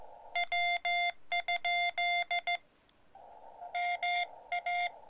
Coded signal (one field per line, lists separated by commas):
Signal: Morse code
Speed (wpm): 16 wpm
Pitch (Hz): 700 Hz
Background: none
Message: W? MA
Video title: My Morse Code Journey: POTA activation Fisher Towers